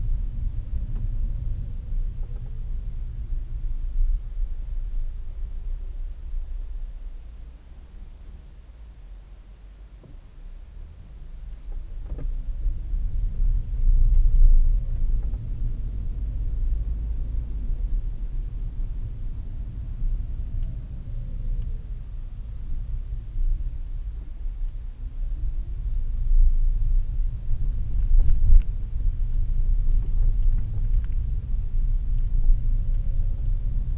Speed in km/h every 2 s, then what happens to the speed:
15, 8, 5, 0, 0, 0, 18, 25, 27, 23, 14, 7, 14, 16, 18, 18, 19.
0-5 slows to 0. 5-10 standing. 10-15 pulls away to 27. 15-22 slows to 7. 22-27 speeds up to 18. 27-34 steady at about 18.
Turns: none.